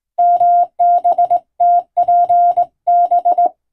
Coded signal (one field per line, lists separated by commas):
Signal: Morse code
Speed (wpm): 20 wpm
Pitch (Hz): 700 Hz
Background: none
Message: MBTPB